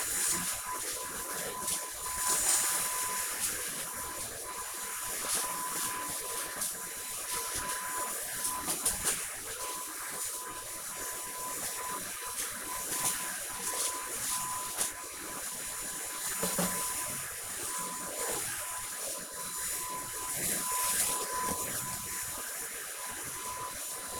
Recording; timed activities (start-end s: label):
household activities, microphone on the right wrist
0.00-24.20 s: vacuum cleaning